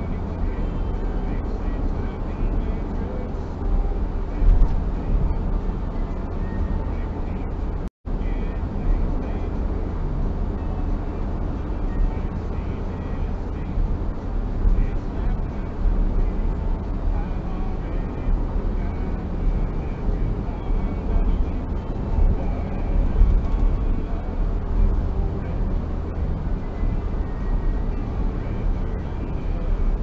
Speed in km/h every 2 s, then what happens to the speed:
81, 81, 81, 81, 82, 82, 82, 82, 81, 81, 80, 80, 80, 81, 80.
0-30 steady at about 81.